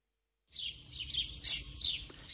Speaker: cheerful chattering of house sparrows is a sound that has accompanied humans for millennia.